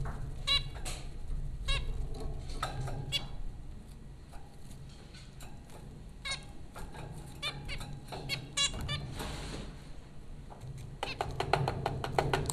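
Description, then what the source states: Zebra finch calls, scattered nasal beeps with a quicker burst near the end, over steady low hum and faint background noise. Zebra finches recorded by Dan Bodah at Popcorn School, Flatbush, Brooklyn, New York, April 15, 2009.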